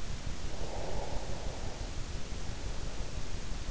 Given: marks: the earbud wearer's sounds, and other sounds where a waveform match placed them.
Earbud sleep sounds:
sounds in sleep by an in-ear microphone; breath
0.40-3.05 s: breath

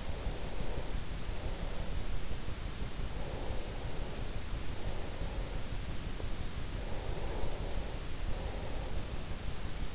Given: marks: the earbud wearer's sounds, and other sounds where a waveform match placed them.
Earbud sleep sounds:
sounds in sleep by an in-ear microphone; breath
0.00-2.62 s: breath
2.91-6.34 s: breath
6.62-9.71 s: breath

